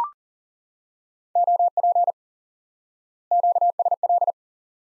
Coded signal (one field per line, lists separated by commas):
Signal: Morse code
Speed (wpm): 40 wpm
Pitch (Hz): 700 Hz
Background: none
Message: OP QSL